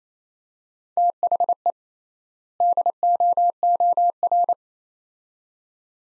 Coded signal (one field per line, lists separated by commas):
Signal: Morse code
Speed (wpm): 28 wpm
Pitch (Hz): 700 Hz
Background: none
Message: THE DOOR